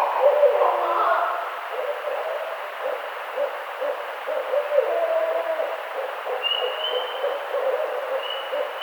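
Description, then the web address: Barred owl giving a string of low pulsing hoots with a louder opening, while high whistled notes appear toward the end. Recorded on 18 April 2009. "Barred Owl 2009 04 18 Barred Owl 01"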